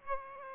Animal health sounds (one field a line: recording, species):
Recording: mosquito wingbeat signal from an infrared sensor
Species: Aedes aegypti